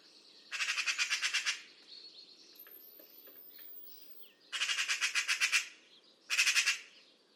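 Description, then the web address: Bird making loud buzzy rattling bursts, three separate pulsed runs, the first and second about a second long, the last shorter, with faint softer calls between. "Deverinetal 2025 File origin Bird Only"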